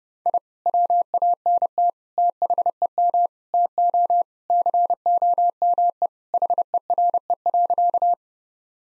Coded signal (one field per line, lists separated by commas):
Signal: Morse code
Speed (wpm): 32 wpm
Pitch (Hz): 700 Hz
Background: none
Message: I WANT THEM TO COME HERE.